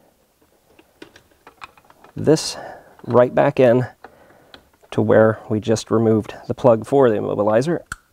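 A remote starter T-harness plug is handled at the immobilizer connector of a 2007-2017 Jeep JK or JKU Wrangler, where the factory plug was removed. Faint short clicks and taps come between 1.0 and 2.0 s, and someone talks through most of the clip. Nothing has seated or clicked into place yet.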